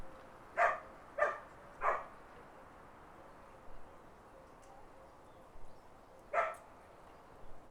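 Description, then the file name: Dog gives three quick barks, then a long quiet gap before a single further bark, with faint background sounds. Country dogs barking. "country dogs barkmurmur birds"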